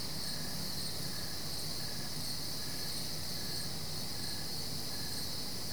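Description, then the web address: Cricket chorus: constant high-pitched trilling with soft rhythmic chirps recurring regularly, beneath it a low steady rumble. Crickets at night, Goldens Bridge, New York State, USA; BBC Sound Effects Library, America CD. "The BBC Sound Effects Library - Complete 60 CDs Collection Sound Effects Library- (America) Goldens Bridge, NY State - crickets at night"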